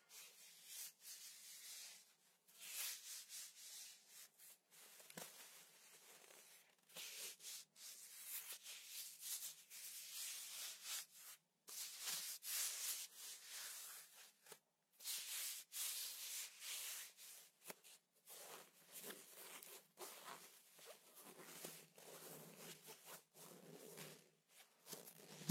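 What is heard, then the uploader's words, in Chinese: Slime is worked against foot socks in repeated rubbing and squishing strokes that come in quick, irregular bursts with brief pauses between them. The sound is bright and hissy with almost no low end, and it continues throughout. 足袜 黏液。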